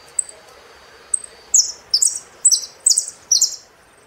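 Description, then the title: Saffron finch song: two lone high chips, then a steady run of five loud, buzzy downslurred notes at roughly half-second intervals. "Jilguero Argentino"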